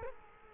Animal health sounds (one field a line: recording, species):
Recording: mosquito wingbeat signal from an infrared sensor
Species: Culex quinquefasciatus